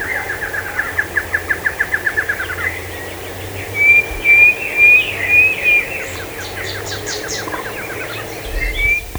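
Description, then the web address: Bird calls: a fast, even run of short chirps, then several clear rising whistles and scattered sharp notes. "BIRD 2015 SABIOD 50 bird 2015"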